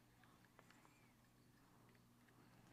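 A plastic push pin that holds a window rain guard on a G86 TRD is handled and pressed toward the car door trim, meant to pop and lock in place, with the hold later judged kind of weak. Over a steady low hum, a couple of faint, sharp ticks come at about 0.6 and 0.7 s, with light handling noise after. Nothing has seated or clicked yet.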